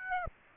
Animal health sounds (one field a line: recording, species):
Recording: mosquito wingbeat signal from an infrared sensor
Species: Aedes aegypti